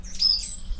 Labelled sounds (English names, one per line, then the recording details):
Stitchbird song
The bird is a male
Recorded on Tiritiri Matangi Island, New Zealand, in 2005
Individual 19, of nest box 27